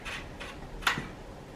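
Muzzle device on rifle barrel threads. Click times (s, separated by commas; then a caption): 0.9 s. A muzzle device is screwed onto the reverse-threaded barrel of a Century Arms VSKA AK-pattern rifle, with faint threading rasps before its spring detent gives a sharp click at 0.9 s. The device is only partway on and not fully home; the button must be pressed again and the device screwed on until a second click.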